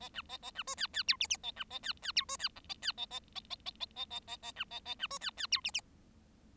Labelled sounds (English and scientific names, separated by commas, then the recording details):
Bengalese Finch (Lonchura striata domestica) song
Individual Bird7